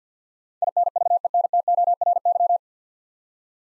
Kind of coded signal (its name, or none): Morse code